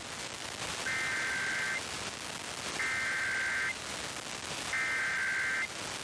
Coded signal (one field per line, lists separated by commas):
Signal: Emergency Alert System (SAME) tones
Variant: header bursts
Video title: Pennsylvania Required Monthly Tests (2/17/22)(EAS 1098-1106)